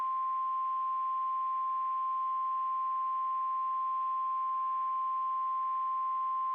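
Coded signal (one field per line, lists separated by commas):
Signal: Emergency Alert System (SAME) tones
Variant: 1050 Hz attention tone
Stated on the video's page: Severe thunderstorm warning tones on NOAA Weather Radio for Western Baltimore, Carroll, East Central Frederick, Northern Howard and Northern Montgomery, Maryland.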